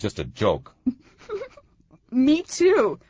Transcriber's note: tries not to laugh